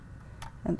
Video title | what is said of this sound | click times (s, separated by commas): Quilt from the Back Kit | that comes down and clicks | 0.4 s